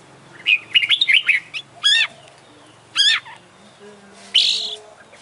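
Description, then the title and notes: Oriental magpie-robin song: a quick jumble of chirpy notes, then two loud ringing notes, and a final harsh buzzy note. Champion bird in continuous song (gacor), a masteran selection. "Kacer Juara Gacor. Kumpulan Suara Burung Masteran Pilihan"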